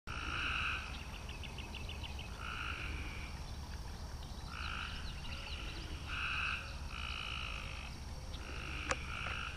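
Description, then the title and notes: Cope's gray treefrog calls: short harsh buzzy trills repeated with gaps, over a steady background hiss. Recorded 31 May 2015. "copestreefrog05312015.WMA by Christie Mullen"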